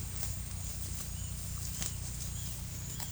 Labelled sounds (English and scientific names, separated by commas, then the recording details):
none
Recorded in pastures near Puerto Asís, Putumayo, Colombia, on 16 December 2024 at 11:30
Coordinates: 0.472, -76.331
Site GP02